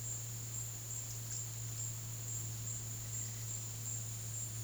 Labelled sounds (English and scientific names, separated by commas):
none